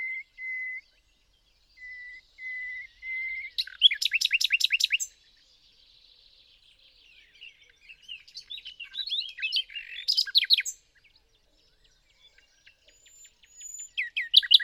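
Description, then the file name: Common nightingale song opening with several pure, level whistles, then a brisk burst of repeated notes, quiet varied warbling and more sharp rapid phrases. "Luscinia megarhynchos"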